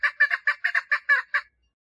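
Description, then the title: Partridge uttering a short burst of several chuckling notes in about a second and a half, then silence. "Perdiz Cantando"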